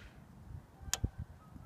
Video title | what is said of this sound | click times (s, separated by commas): Zero Drive Belt Tension Tester | that's it clicked don't | 0.9 s